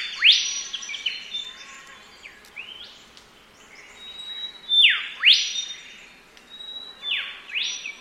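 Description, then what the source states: Olive Whistler calling: several whistled phrases, each a level note then a steep down-and-up sweep, repeated every few seconds. Recorded at Anson's Bay, Tasmania; species found in wet forests and coastal shrubs; call rendered as ee-ee-o-wee.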